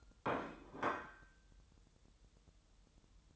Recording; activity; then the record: daily activity, microphone in the room; place plate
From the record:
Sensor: 3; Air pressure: 988.6 hPa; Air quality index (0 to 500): 198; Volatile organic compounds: 338 ppm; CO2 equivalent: 4561 ppm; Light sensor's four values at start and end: 22/71/30/25 and 22/71/30/25